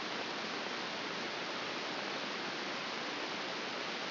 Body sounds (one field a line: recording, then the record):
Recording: brain microelectrode recording played as sound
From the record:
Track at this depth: outside the subthalamic nucleus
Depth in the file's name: 6.001 mm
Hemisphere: right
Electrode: 2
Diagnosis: Parkinson's disease